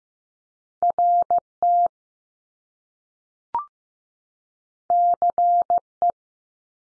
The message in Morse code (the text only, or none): R T C E